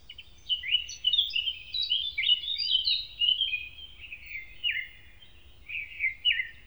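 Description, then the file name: Eurasian blackcap song, a fast jumble of clear warbled notes that slows into a few separate fluty phrases near the end, with a soft low hum behind. "moenchsgrasmuecke"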